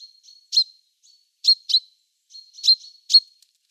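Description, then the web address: Great tit giving crisp, high pinking calls, single and paired, with faint thin notes trailing between them. "Schulze Peter Great Tit calls"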